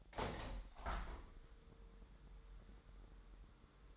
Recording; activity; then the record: daily activity, microphone in the room; open window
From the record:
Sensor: 3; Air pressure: 1000.1 hPa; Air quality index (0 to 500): 231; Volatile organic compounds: 110 ppm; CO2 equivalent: 3817 ppm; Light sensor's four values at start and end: 10/23/9/9 and 10/24/10/10